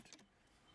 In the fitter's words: it just pops right out